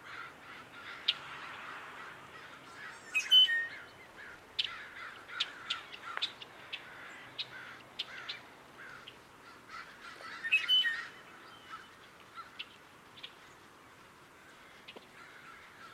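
Footpaths at Dharma Rain Zen Center carry frequent sharp bird chirps over a steady low hiss, with brighter call bursts near three and eleven seconds.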